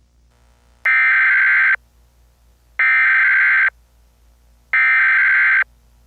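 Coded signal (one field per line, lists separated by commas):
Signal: Emergency Alert System (SAME) tones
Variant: header bursts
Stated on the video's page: A fictional EAS scenario alert, not a real one.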